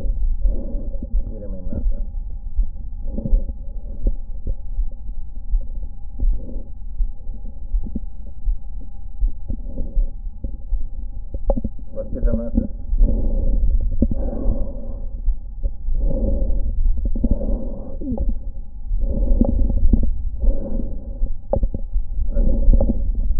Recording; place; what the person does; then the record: lung sounds by stethoscope; right anterior apical chest; quiet breathing, then deep breathing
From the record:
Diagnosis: COPD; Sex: female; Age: 80 years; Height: 160 cm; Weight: 62 kg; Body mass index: 24.2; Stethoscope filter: diaphragm mode